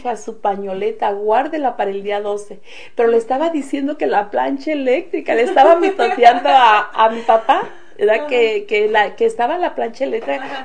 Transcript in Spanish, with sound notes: Su pañoleta guárdela para el día 12”. Pero le estaba diciendo que la plancha eléctrica (risas) le estaba mitoteando a mi papá, ¿verdad? Que estaba la plancha eléctrica.